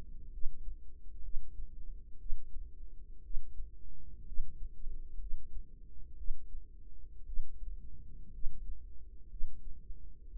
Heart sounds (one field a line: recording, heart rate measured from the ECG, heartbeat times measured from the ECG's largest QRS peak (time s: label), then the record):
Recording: heart sounds by microphone in the right ear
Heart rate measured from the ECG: 60 bpm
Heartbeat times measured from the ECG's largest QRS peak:
0.30 s: heartbeat
1.21 s: heartbeat
2.17 s: heartbeat
3.21 s: heartbeat
4.24 s: heartbeat
5.18 s: heartbeat
6.15 s: heartbeat
7.24 s: heartbeat
8.30 s: heartbeat
9.28 s: heartbeat
10.28 s: heartbeat
From the record:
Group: healthy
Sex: female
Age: 36 years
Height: 163 cm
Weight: 88 kg